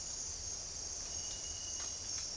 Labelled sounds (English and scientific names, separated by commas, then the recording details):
none
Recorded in dense forest near Puerto Asís, Putumayo, Colombia, on 13 March 2025 at 08:00
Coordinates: 0.481, -76.323
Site G088